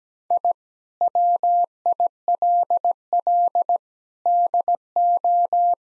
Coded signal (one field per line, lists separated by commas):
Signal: Morse code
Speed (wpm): 17 wpm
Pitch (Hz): 700 Hz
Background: none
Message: I WILL DO